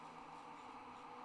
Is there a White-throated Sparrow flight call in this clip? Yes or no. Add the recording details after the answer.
no. No flight call is heard. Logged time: 05:14 on 30 November 2014